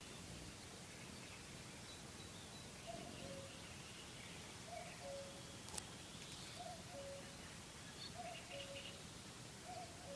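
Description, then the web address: Common cuckoo giving a steady series of falling two-note cu-coo calls, about five in a row, over low rumbling background noise and a brief sharp click. Recorded June 2013 at Sturmai, Lithuania, and Rügen. "Irfan 2013 06 HHLitauen Ruegen Sturmai Kuckuck"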